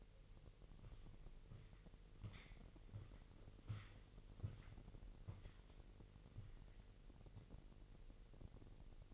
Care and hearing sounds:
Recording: daily activity, microphone in the room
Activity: walk to room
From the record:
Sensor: 4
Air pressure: 1002.9 hPa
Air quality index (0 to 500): 248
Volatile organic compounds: 10 ppm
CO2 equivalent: 2244 ppm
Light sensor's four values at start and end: 12/27/11/11 and 10/23/9/9

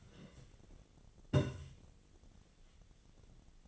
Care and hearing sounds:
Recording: daily activity, microphone in the room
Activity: take from stove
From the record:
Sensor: 4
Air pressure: 1010.8 hPa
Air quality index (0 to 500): 167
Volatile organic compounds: 4 ppm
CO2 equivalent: 1703 ppm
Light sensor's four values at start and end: 39/113/45/46 and 39/113/45/46

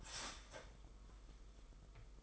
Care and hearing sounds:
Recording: daily activity, microphone in the room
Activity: start toaster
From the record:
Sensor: 5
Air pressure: 990.9 hPa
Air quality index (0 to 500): 144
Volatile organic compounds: 127 ppm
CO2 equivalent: 3911 ppm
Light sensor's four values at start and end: 35/111/42/45 and 35/111/42/45

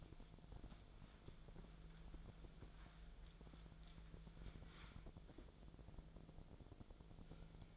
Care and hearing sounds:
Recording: daily activity, microphone in the room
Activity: wipe stove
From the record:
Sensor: 5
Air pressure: 1000.6 hPa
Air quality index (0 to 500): 158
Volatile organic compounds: 2 ppm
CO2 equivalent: 1213 ppm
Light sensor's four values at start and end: 49/106/48/53 and 50/107/48/54

